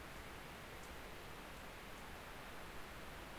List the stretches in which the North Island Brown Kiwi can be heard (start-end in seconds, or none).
none